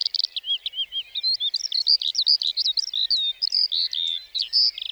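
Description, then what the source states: Lark song, a quick chain of high chirps and slurred whistled notes following one another without a break. 29 March 2020, Plateau de Lesches-en-Diois; sings before full daybreak, perched on top of a bush rather than in flight, for nearly fifteen minutes before flying off; Nagra Seven, stereo, cardioid MKH40.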